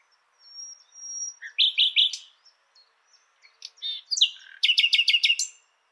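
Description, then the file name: Common nightingale song: a long pure whistle, fast repeated chirps, then a rapid rattling series of sharp notes, with brief pauses between phrases. "Luscinia megarhynchos"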